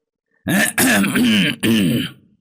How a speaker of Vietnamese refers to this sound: Nhưng lại nghe thấy tiếng hắng giọng từ đằng sau.